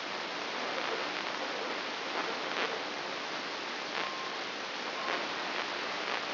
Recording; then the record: brain microelectrode recording played as sound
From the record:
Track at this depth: outside the subthalamic nucleus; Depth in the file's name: 6.861 mm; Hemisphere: left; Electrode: 3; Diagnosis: Parkinson's disease